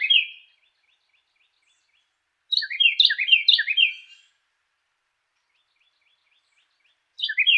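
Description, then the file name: Carolina wren song, bursts of rapid rolling phrases, loud and ringing, separated by a few seconds of silence. Song variation 3. "suara-kicauan-burung-carolina-wren-variasi-3-omkicau"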